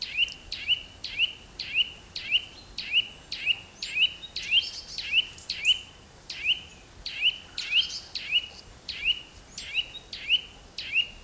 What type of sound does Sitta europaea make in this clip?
song